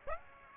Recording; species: mosquito wingbeat signal from an infrared sensor; Aedes aegypti